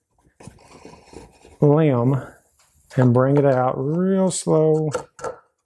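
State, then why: Seated. Someone talks while a flexed wooden trellis limb is slowly brought out past a retaining screw on the trellis frame. The limb snaps past the screw with two quick clicks at 5.2 s and 5.2 s, springing to the far side, where it is held and locked in place.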